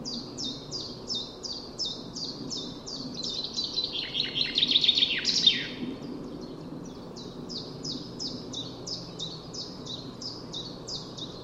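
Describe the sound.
Common chaffinch giving a louder burst of quick descending notes that ends in a rattling flourish midway, over a steady background series of high, downslurred notes repeated about four times a second.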